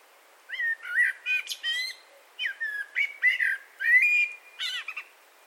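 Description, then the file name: Eurasian blackbird singing rich fluting whistled phrases around mid pitch, each ending in higher squeaky twitters, in two bursts separated by a short pause. "Turdus merula"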